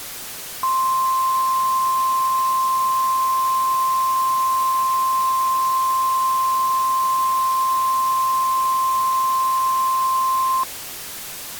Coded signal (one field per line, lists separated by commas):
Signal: Emergency Alert System (SAME) tones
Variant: 1050 Hz attention tone